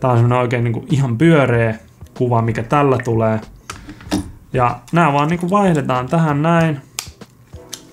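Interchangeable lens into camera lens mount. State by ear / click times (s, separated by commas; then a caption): seated / 7.7 s. Someone talks while swapping the lens on a small interchangeable-lens camera, mounting a lens into the camera's lens mount and turning it until it locks. A few short clicks and taps sound, and the lens snaps into place with a sharp click at 7.7 s, seated in the mount.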